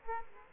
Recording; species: mosquito wingbeat signal from an infrared sensor; Aedes aegypti